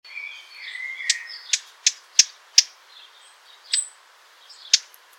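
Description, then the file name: Eurasian blackcap giving hard, clicking tack calls at irregular intervals, about seven in all, with faint thin twittering behind. "Sylvia atricapilla"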